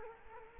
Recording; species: mosquito wingbeat signal from an infrared sensor; Culex quinquefasciatus